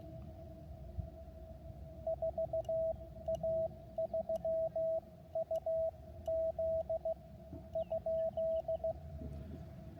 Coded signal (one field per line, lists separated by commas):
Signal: Morse code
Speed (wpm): 16 wpm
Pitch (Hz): 650 Hz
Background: radio noise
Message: 4A3UZ?